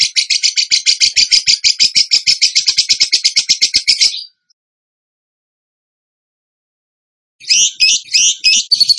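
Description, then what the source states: Bird giving a fast shrill trill for about four seconds, a silent pause, then several separate slurred, warbling notes. Training song for songbirds, in the tembakan gacor style.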